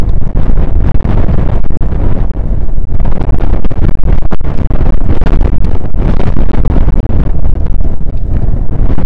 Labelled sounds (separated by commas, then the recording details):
wind
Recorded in the Prudhoe Bay oil fields, Alaska, on 1 August 2019 at 02:00
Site 29